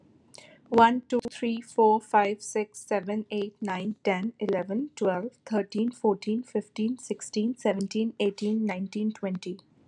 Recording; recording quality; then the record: counting at a normal pace; moderate, slight background noise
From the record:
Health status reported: exposed to COVID-19, no respiratory illness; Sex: female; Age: 29 years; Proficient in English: yes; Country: United States